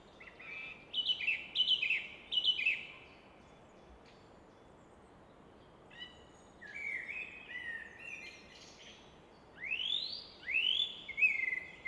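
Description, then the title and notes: Common nightingale song: rich varied phrases with rapid repeated notes, buzzy trills and a loud rising whistle, separated by short pauses, with a soft rushing background. Evening in Fläsch, Switzerland; rushing of the Rhine in the background reflected off a rock face; recorded with Fostex FR2 and MKH 800. "Fläsch, Schweiz - Abendstimmung Nachtigall. Im Hintergrund wird das Rauschen des Rheins von einer Felswand reflektiert"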